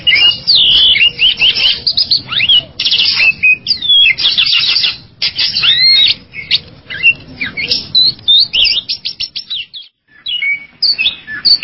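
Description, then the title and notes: Bali myna chattering song, dense harsh and whistled notes in quick bursts, thinning out and briefly falling silent before resuming. "Jalak Bali 2. Kicau Burung Jalak"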